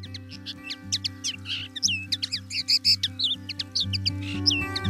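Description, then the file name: Common linnet song, a rapid varied twittering of buzzy, chirping and fluty notes with quick trills, over a steady low electrical hum. "linnet"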